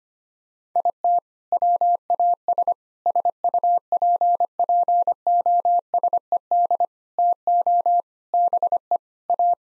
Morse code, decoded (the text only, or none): IT WAS SUPPOSED TO BE A